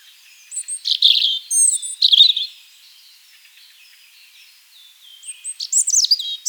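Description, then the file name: European robin delivering two brief, high, liquid twittering phrases with sharp squeaks and slurred whistles, separated by a quieter gap with faint thin notes. "Erithacus rubecula"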